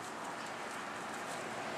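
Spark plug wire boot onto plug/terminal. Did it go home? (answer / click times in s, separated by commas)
no / none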